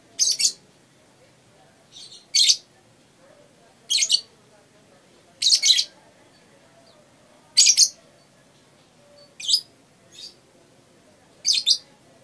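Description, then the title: Lovebird giving loud, shrill, high-pitched chirps in short bursts, some doubled, repeated about every one and a half to two seconds against quiet background. Masteran: a training song played to caged birds. "MASTERAN BURUNG. lovebird"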